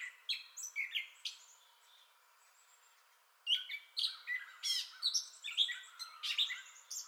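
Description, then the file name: Gray catbird song with scratchy, squeaky phrases, a brief pause, then a louder burst of varied chattering notes. Entire song bout, recorded 30 May 2021. "2021-05-30 Gray Catbird Entire Song Bout"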